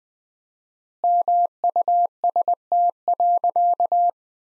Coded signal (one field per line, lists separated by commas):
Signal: Morse code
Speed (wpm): 21 wpm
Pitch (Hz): 700 Hz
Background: none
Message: MUST.